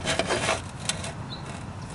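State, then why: Not seated. A removed electronic throttle body from a Saab 9-5t rests on a bench while the mechanism is pushed forward and its spring-loaded limp-home gear is turned, trying to make it click into the reset position. Two short hits at 0.2 s and 0.9 s are the gear and housing being worked against a faint rubbing background, not a click. Nothing has clicked yet; the gear fails to reset, possibly because it is too messed up.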